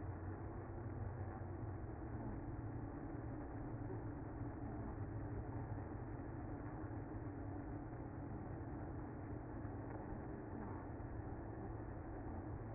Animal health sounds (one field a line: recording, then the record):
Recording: honeybee colony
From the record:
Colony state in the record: active